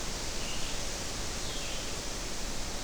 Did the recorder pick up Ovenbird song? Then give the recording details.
no. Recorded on 25 June 2016 at 08:39. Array SBT-6-76